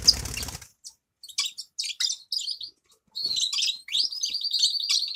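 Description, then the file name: Grass parakeet chatter: a brief low rumble at the start, then quick high chirps that run into a steady, buzzy warble near the end. "travyanye popugaiciki"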